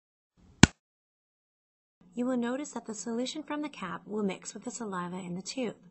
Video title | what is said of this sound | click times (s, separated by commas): Oragene.Dx video collection instructions | close the lid by firmly pushing the lid until you hear a loud click. | 0.6 s